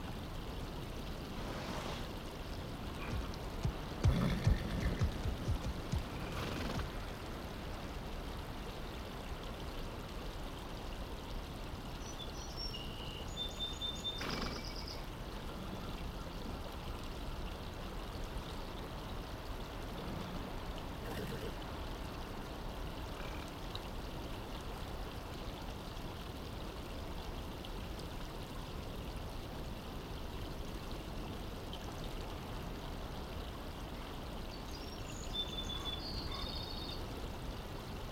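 A steady rushing wash like flowing water fills the scene, with a thud near the start and thin high hawk cries around the middle and end.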